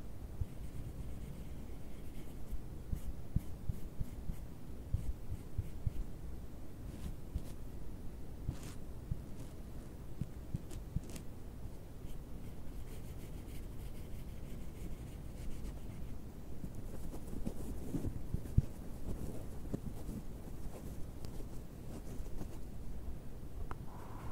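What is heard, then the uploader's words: A box being opened and scratched, with a steady low rumble underneath and frequent short scraping clicks, busier in the last few seconds. ASMR BOX OPENING, BOX SCRATCHING NO TALKING.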